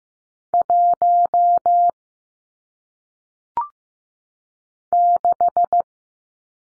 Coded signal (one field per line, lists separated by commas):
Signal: Morse code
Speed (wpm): 15 wpm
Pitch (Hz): 700 Hz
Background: none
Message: 1 6